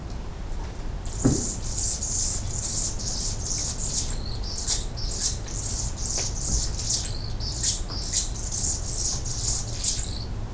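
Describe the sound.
Hummingbird song: high, thin squeaky notes in rapid bursts repeating throughout, with soft low rumble and a few faint clicks underneath.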